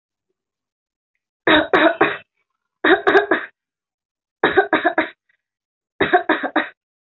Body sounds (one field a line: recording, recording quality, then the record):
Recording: shallow voluntary cough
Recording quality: excellent, no background noise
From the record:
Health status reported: healthy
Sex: female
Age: 21 years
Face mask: not worn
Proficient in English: yes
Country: India